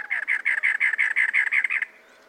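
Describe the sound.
Cactus wren song: a rapid run of many harsh, grating, chugging notes at a steady pace, lasting nearly two seconds, then quiet.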